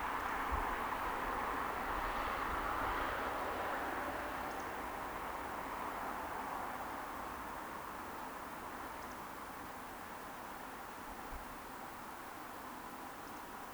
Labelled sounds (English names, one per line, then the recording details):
Eurasian Woodcock whistle
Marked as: whistle, whistle, whistle, whistle
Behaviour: display flight
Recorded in Baden-Württemberg, Germany, on 30 May 2021 at 20:11 UTC
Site 43323, 910 m above sea level